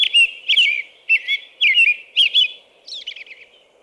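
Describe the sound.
American robin song: short warbled, slurred phrases delivered about twice a second, ending with a higher, squeakier, softer phrase near the close.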